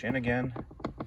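Someone talks while the plastic stop tabs on the left and right sides of a 2000–2004 Toyota Echo glove box are pushed back in past the dashboard opening. Two brief, sharp handling sounds follow at about 0.9 s and 1.0 s. Nothing has seated or clicked yet.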